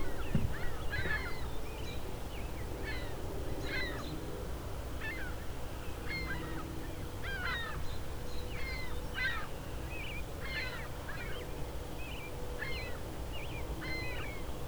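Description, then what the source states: Ring-billed gulls giving short, sharp, harmonic calls in irregular series over a steady low rumble. Gulls calling out to each other.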